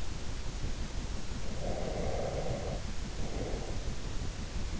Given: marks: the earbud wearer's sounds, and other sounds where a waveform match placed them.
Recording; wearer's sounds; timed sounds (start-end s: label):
sounds in sleep by an in-ear microphone; breath
1.47-3.95 s: breath